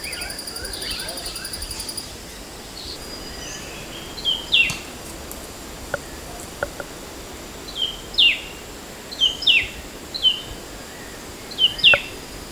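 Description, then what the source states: Temminck's babbler producing sparse, sharp descending chirps in small groups separated by pauses, over a faint hiss. Recorded on 14 August 2009.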